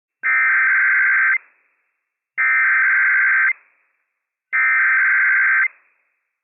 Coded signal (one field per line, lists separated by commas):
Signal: Emergency Alert System (SAME) tones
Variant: header bursts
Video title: Some Flash Flood Warnings & Weeklies From 10/27/2022